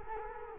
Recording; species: mosquito wingbeat signal from an infrared sensor; Culex quinquefasciatus